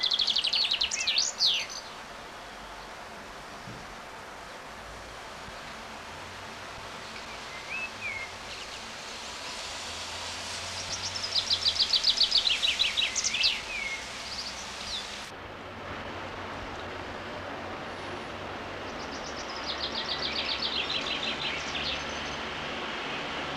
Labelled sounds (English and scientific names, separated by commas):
Common Chaffinch (Fringilla coelebs) song